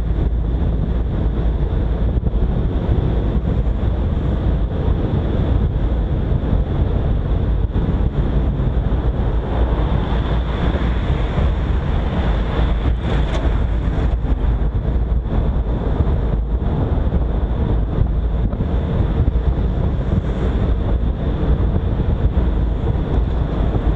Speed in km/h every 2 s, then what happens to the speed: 49, 50, 50, 50, 48, 47, 48, 48, 47, 47, 46, 43.
0-19 steady at about 48.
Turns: none.